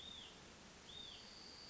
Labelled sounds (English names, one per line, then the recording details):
Hutton's Vireo
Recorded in Sonoma County, California